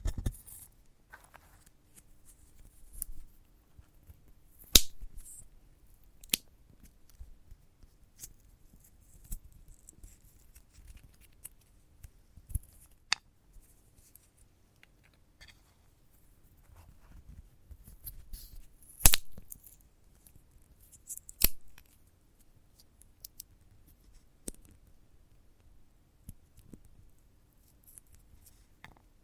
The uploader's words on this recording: ASMR of a Sunflower Head (No Talking).